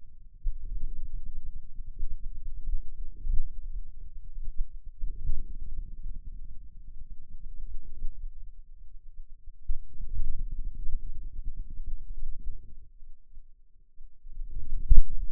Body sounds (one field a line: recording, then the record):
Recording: forearm muscle sounds (acoustic myography)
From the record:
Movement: wrist flexion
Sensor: system 2, bracelet of six BSWA MPA416 microphones around the upper forearm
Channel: 1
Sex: male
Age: 22 years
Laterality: right